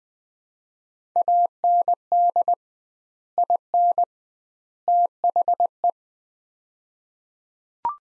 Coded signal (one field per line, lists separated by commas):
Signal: Morse code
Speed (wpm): 20 wpm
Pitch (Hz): 700 Hz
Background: none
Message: AND IN THE